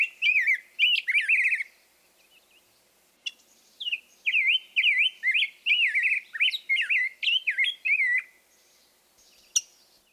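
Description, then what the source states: Rose-breasted grosbeak singing melodious runs of warbled, rising and falling whistled phrases, with sharp chink notes between and after them. Distinctive metallic chink call note interspersed with melodious song; song said to sound like a robin that has taken voice lessons.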